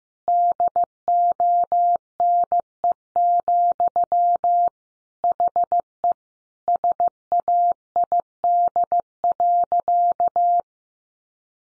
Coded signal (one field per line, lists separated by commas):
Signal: Morse code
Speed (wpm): 15 wpm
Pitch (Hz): 700 Hz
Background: none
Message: DONE, HE SAID.